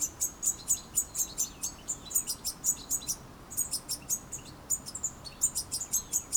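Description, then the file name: European goldfinch twitter, rapid high tinkling notes in short runs with a couple of brief breaks, lively and continuous over a quiet background. "Carduelis carduelis"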